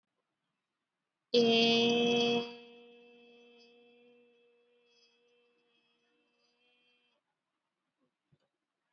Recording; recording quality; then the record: sustained vowel as in made; excellent, no background noise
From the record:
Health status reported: exposed to COVID-19, no respiratory illness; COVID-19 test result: negative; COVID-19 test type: RT-PCR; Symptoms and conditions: cold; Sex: female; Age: 34 years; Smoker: no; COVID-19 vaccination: one dose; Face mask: worn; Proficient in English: yes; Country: India